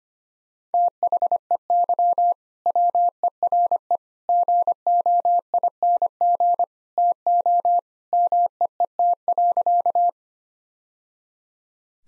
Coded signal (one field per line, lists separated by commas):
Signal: Morse code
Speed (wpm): 25 wpm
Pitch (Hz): 700 Hz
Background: none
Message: THEY WERE GOING TO MEET.